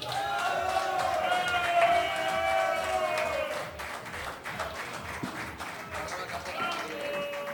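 An audience claps steadily in a dense, continuous wash of applause, with a few whistles or cheers rising over it early on before the clapping thins slightly toward the end.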